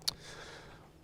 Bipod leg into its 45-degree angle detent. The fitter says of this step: It's just a little button, and it allows you to do 45 degrees, and it locks into place.